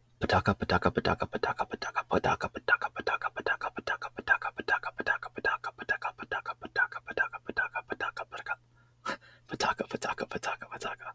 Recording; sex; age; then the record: repeated syllables /pa ta ka/; male; 20 to 29 years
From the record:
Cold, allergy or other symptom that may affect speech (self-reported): no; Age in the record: 23 years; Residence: New York, United States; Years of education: 16